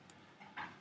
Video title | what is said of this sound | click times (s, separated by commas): new package | it's not quite clicking I got some work to do on that | 0.1 s